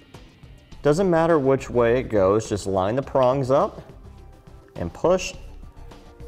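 A man talks while the pigtail plug of an LED trailer clearance light is lined up by its prongs and pushed onto the trailer wiring connector. Faint short knocks and handling noises sound under the voice. The plug has not clicked or seated into the connector yet.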